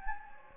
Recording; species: mosquito wingbeat signal from an infrared sensor; Anopheles gambiae